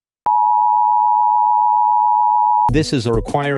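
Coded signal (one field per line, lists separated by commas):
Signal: Emergency Alert System (SAME) tones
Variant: 853 and 960 Hz attention tone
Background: speech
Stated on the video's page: Recreations of EAS tones as produced by various encoder systems, including KeyWest, Idea/Onics, Texscan, CEMS, Gorman Redlich, Trilithic, DASDEC and Xfinity X1, sending Required Monthly and Weekly Tests.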